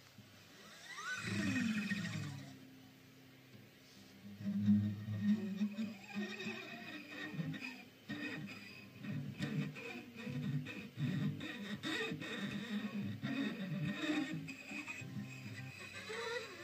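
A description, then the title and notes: A guitar is tapped and plucked in quick, uneven bursts, with low string tones ringing and sliding beneath sharp clicks. A swelling note opens the first couple of seconds, then after about four seconds the tapping grows busier and keeps going to the end. Fast tapping and stringing his guitar.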